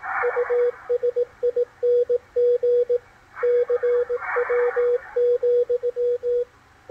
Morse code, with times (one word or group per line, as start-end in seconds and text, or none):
0.2-3.0 USING
3.4-6.4 CW,